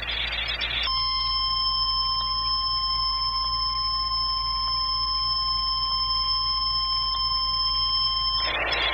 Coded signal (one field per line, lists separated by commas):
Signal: Emergency Alert System (SAME) tones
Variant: 1050 Hz attention tone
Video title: EAS (Triple Header) Hurricane Warning Coast of Hawaii (Hurricane Douglas) NOAA Weather Radio WWG75